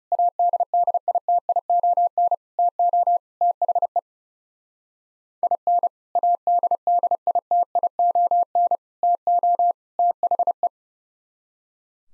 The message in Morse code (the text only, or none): ADDITION TO THE IN ADDITION TO THE